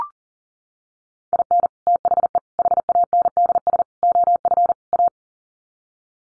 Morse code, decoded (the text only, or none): IN THE HANDS OF A